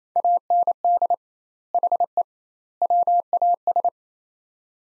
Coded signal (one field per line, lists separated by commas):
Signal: Morse code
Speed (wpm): 28 wpm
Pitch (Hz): 700 Hz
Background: none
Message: AND HE WAS